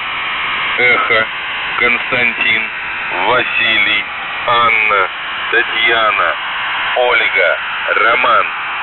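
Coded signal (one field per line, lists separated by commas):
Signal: coded military voice message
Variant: The Goose, Russian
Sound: a few short spoken words over steady radio hiss, evenly spaced through the clip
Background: radio static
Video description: "The Goose" is a Russian military radiostation that broadcasts on 4310 kHz at daytime and on 3243 kHz at nighttime.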